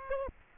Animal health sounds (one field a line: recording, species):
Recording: mosquito wingbeat signal from an infrared sensor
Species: Aedes aegypti